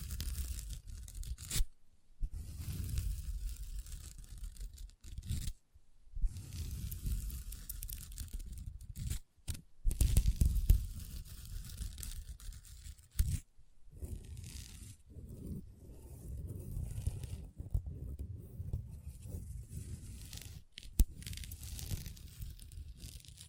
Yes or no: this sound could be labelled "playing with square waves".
no